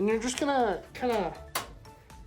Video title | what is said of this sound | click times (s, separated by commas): $1055 Gaming PC Build Step By Step (2021 | press on the corners until you hear clicking sound and there you go guys you have your | 1.6 s